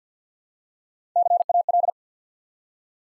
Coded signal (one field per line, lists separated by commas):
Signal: Morse code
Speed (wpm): 50 wpm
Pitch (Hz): 700 Hz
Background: none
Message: CAL